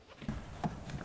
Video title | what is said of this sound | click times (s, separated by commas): Fensterheber wechseln - VW Golf 4 [TUTORIAL] | einrastet passt | 0.6 s